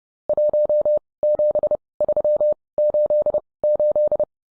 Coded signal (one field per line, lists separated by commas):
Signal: Morse code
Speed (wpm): 30 wpm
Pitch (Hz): 600 Hz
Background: none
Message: 17388